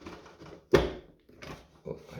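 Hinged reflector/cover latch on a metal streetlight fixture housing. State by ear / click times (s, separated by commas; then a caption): not seated / none. A hinged reflector/cover on a 1960s DISCO LPM6 65+20W fluorescent (low pressure mercury vapor) metal streetlight fixture is shifted upwards and pressed against the housing to engage its latch. A few knocks are heard, the loudest near 0.8 s, with quieter ones around 1.4 s and 1.9 s. The latch has not clicked or seated yet.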